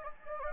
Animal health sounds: mosquito wingbeat signal from an infrared sensor; Anopheles gambiae

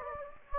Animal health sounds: mosquito wingbeat signal from an infrared sensor; Anopheles gambiae

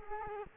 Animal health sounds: mosquito wingbeat signal from an infrared sensor; Culex quinquefasciatus

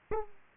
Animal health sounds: mosquito wingbeat signal from an infrared sensor; Aedes aegypti

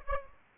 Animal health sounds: mosquito wingbeat signal from an infrared sensor; Aedes aegypti

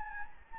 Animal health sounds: mosquito wingbeat signal from an infrared sensor; Anopheles gambiae

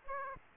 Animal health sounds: mosquito wingbeat signal from an infrared sensor; Aedes aegypti

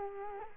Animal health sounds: mosquito wingbeat signal from an infrared sensor; Culex quinquefasciatus

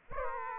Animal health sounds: mosquito wingbeat signal from an infrared sensor; Aedes aegypti

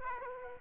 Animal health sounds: mosquito wingbeat signal from an infrared sensor; Aedes aegypti

